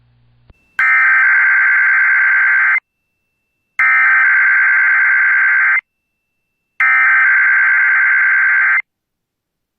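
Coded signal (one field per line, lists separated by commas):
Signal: Emergency Alert System (SAME) tones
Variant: header bursts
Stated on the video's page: Weekly Thursday EAS tests.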